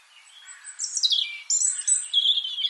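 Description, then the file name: European robin with a short burst of high, thin descending whistles followed by a sustained shrill note. "Erithacus rubecula"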